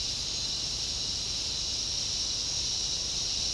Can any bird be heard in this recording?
no